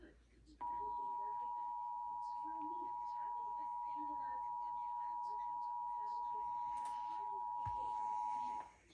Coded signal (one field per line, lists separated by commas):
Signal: Emergency Alert System (SAME) tones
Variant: 853 and 960 Hz attention tone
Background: speech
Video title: HALF AN HOUR EARLY… (San Luis Obispo County Monthly EAS Test from 8/3/23) (EAS #1,071-1,090)